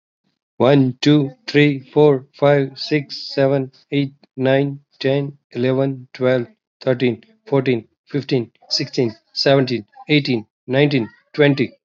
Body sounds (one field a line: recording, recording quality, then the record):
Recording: counting at a normal pace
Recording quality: excellent, no background noise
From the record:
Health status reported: healthy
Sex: male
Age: 41 years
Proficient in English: yes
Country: India